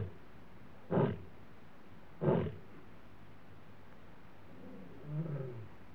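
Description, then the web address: Lion giving two short, low, breathy grunts about a second apart, then a fainter, softer grunt trailing off over low background hiss. Male lion roaring in Africa. "BBC Sound Effects Library. Africa. Lions, Male Lion Roaring"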